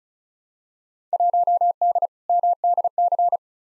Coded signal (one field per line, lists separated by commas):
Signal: Morse code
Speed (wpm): 36 wpm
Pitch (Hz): 700 Hz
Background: none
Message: 1D MDC